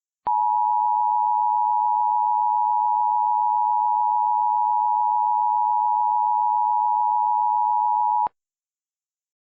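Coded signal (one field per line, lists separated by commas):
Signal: Emergency Alert System (SAME) tones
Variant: 853 and 960 Hz attention tone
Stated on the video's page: Fictional EAS scenario with valid Emergency Alert System tones, a simulated alert rather than a real broadcast.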